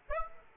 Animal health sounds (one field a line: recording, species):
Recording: mosquito wingbeat signal from an infrared sensor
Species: Aedes aegypti